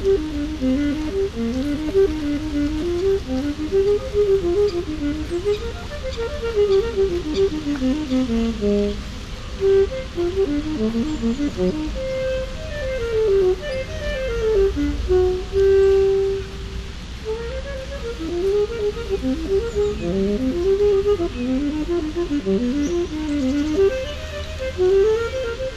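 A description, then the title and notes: A saxophone plays a winding melody of rising and falling phrases with a few held notes, over a steady wash of traffic, fountain and wind. Saxofoonspeler op de Lange vijverberg, Den Haag.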